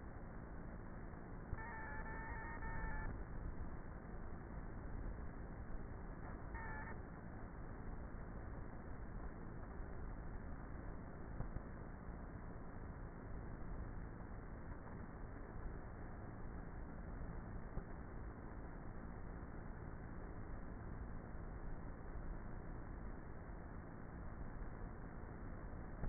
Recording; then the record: honeybee colony, microphone inside the hive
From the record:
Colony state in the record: queenless with a low population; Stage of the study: before two queens were removed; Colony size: about 30,000 bees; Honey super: no